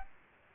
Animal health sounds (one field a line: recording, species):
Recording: mosquito wingbeat signal from an infrared sensor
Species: Aedes aegypti